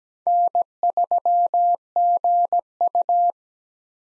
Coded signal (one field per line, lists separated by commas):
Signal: Morse code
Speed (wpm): 17 wpm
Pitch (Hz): 700 Hz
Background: none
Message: N3GU